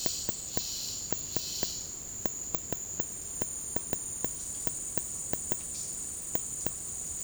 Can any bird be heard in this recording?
no